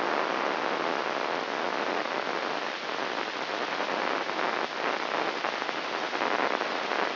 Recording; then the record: brain microelectrode recording played as sound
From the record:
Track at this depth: outside the subthalamic nucleus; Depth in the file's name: 0.315 mm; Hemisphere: left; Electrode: 3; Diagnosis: Parkinson's disease